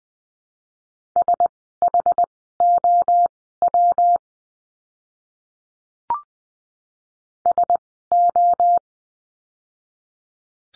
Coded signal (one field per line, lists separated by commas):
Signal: Morse code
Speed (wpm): 20 wpm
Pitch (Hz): 700 Hz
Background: none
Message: SHOW SO